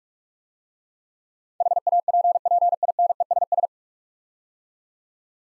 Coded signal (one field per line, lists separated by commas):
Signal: Morse code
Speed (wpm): 42 wpm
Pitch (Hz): 700 Hz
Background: none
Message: HAPPINESS